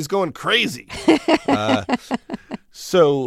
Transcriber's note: soundbite of laughter